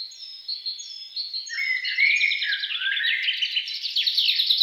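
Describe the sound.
Songbird beginning with a few thin, high notes, then breaking into a quick, busy stream of chattering chirps and trills.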